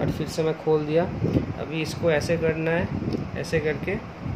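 A plastic head attachment is put back onto the body of a Veet Sensitive Touch electric trimmer and handled into position to be twisted until it locks. Someone talks throughout over a faint steady background hum. Nothing has seated or clicked yet.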